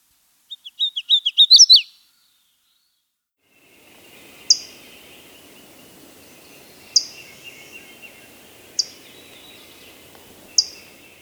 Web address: Hooded Warbler